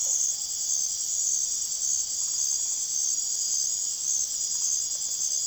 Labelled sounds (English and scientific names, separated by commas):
none